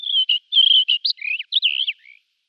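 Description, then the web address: White-crowned wheatear song, a run of clear whistled notes, sliding up and down, some pure and drawn out, others twisted and warbled, lasting about two seconds. "Schulze Peter White-crowned Wheatear song"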